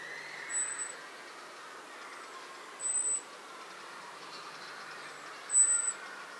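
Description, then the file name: Eurasian blackbird calls as high, thin, level whistled notes, one about every two and a half seconds. "Turdus merula"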